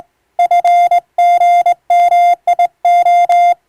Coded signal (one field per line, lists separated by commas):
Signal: Morse code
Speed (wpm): 20 wpm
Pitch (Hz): 700 Hz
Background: none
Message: FGMIO